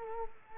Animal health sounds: mosquito wingbeat signal from an infrared sensor; Culex quinquefasciatus

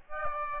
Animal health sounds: mosquito wingbeat signal from an infrared sensor; Aedes albopictus

